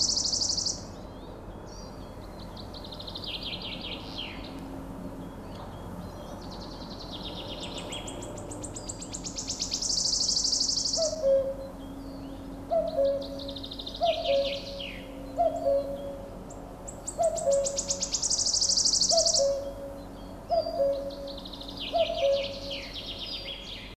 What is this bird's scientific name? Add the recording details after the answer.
Cuculus canorus. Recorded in the wild. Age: adult. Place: Villach, Kärnten, AT. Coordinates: 46.591, 13.824. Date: 1972-05-02. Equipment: Uher 4100 Report-V. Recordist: Brunner, Thomas. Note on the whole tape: Napoleonswiese. Gesang